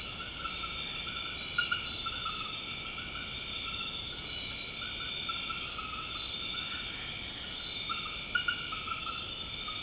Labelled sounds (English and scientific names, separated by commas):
none